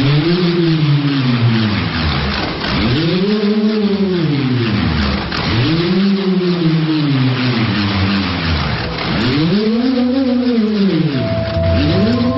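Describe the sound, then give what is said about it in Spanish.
A bullroarer whirling, its loud droning hum swelling and falling in pitch in steady waves about every three seconds, with no voices over it. “bueno, es un elemento que utilizado en el ritual normalmente, que intentan a través de ese sonido ponerse en contacto con el más allá y con sus ancestros a través del sonido de la propia bramadera, que bueno, es como si ahora escucharemos un zumbido.”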